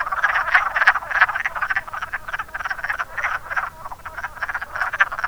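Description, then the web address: Wood frog calls: quick series of hoarse, clucking croaks, roughly three per second, from several overlapping frogs. "zoology woodfrog"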